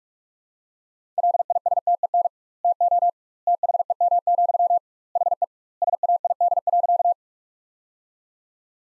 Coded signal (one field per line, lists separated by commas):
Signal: Morse code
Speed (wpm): 46 wpm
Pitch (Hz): 700 Hz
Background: none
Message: LISTEN TO THEM, HE SAID.